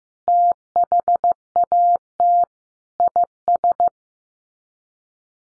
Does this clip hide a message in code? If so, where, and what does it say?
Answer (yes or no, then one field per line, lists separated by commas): yes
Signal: Morse code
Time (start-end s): 0.3-3.9 s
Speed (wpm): 15 wpm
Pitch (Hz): 700 Hz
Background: none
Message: THAT IS